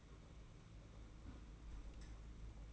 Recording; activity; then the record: daily activity, microphone in the room; close fridge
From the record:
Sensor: 1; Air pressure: 991.8 hPa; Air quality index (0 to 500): 205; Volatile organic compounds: 1000 ppm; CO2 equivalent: 7938 ppm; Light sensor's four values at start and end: 28/99/38/38 and 28/99/38/38